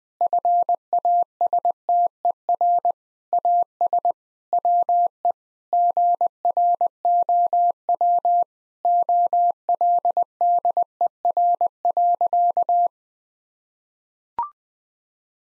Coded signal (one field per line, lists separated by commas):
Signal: Morse code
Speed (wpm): 20 wpm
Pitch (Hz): 700 Hz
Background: none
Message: FASTER AS WE GROW OLDER.